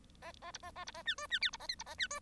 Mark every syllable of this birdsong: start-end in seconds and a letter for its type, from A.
0.21-0.32 A, 0.41-0.52 A, 0.53-0.58 B, 0.62-0.72 A, 0.75-0.85 A, 0.86-0.92 B, 0.94-1.03 A, 1.05-1.15 C, 1.17-1.27 D, 1.30-1.40 C, 1.41-1.50 E, 1.52-1.57 B, 1.59-1.67 A, 1.68-1.75 F, 1.78-1.84 B, 1.86-1.95 A, 1.98-2.08 C, 2.10-2.19 D